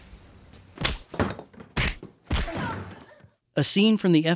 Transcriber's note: soundbite of gunshot; soundbite of punches